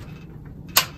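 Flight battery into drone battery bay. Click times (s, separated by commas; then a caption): 0.8 s. A flight battery is slid into the battery bay of a DJI Inspire 2 drone until it latches. A faint sliding sound comes before a slight, sharp click at 0.8 s, which means the battery is seated in the bay.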